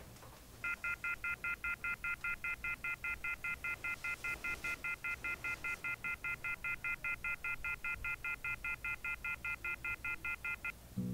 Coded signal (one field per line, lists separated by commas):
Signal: telephone call progress tone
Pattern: off-hook warning tone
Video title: Dial Tone